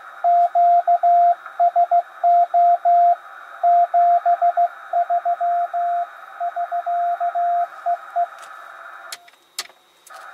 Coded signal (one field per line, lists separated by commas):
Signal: Morse code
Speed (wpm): 15 wpm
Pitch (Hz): 700 Hz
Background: radio noise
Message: QSO 73 <SK> EE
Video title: WINTER Field Day WFD test ~ yAesu 891 - MFJ-971 manual tuner